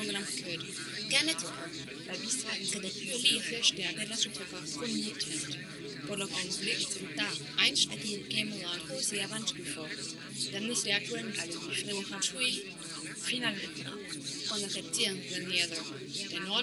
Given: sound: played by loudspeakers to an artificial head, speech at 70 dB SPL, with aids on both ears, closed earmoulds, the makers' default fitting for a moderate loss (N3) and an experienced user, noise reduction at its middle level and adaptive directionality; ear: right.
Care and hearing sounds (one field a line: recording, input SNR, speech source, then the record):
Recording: speech test signal (ISTS) in cocktail-party noise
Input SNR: -3 dB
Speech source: on the right (90 degrees)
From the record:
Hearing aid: class 2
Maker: J